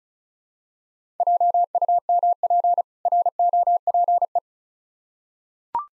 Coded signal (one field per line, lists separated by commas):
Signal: Morse code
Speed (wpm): 34 wpm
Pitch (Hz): 700 Hz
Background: none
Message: JUMP ROPE